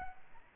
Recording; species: mosquito wingbeat signal from an infrared sensor; Aedes albopictus